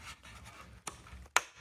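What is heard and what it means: The liftgate release push button from a 2003 Mercury Mountaineer is pressed into a new plastic liftgate handle cover, replacing a cracked one. Soft rubbing and handling noises lead to a faint tick at 0.9 s, then a sharp, loud click at 1.4 s as the button seats in place.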